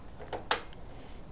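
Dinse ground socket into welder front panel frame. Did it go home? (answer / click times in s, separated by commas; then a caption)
yes / 0.5 s. A new replacement dinse ground socket is pressed into a welder's front panel frame with its locating tabs and backstop aligned. A softer knock at 0.3 s is followed by a sharp, loud click at 0.5 s, and the socket seats into the frame.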